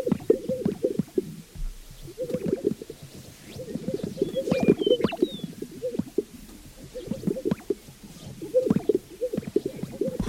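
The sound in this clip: Sage-grouse group giving repeated low gulping pops and coos in overlapping bursts, with brief thin whistled notes from other birds midway.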